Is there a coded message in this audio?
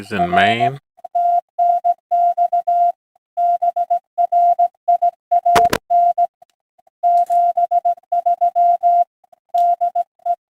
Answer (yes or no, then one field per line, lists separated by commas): yes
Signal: Morse code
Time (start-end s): 0.2-10.3 s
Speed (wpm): 18 wpm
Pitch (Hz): 700 Hz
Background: speech, music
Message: R TNX BRIAN 73 DE